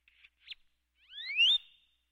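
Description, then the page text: Great-tailed grackle whistled call: two short faint notes, then rising whistles that overlap, the loudest ending in a high, level note. "Great Tailed Grackle. Quick Sounds"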